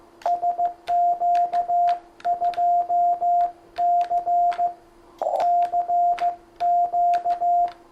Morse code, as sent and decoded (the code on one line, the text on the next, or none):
... --.- ..--- -.-. / -.-. --.-
SQ2C CQ